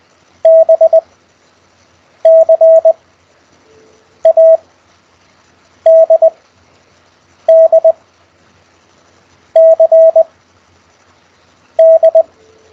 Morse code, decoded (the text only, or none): B C A D D C D